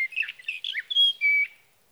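Sage thrasher song ending: a few burry warbled notes followed by two sustained, clear whistles.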